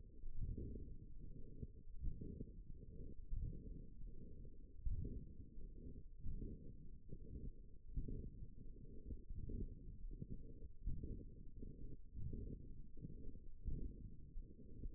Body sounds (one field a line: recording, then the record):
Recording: forearm muscle sounds (acoustic myography)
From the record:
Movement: forearm supination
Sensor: system 1, eight BSWA MPA416 microphones around the upper forearm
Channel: 1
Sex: male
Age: 23 years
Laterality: right